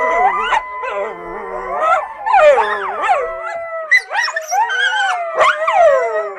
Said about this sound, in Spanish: Entonces, todos los días veíamos a los conejos jugando a la orilla de un arroyo que pasaba por ahí, y en las noches, entonces uno escuchaba el sonido de los coyotes.